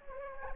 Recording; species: mosquito wingbeat signal from an infrared sensor; Anopheles gambiae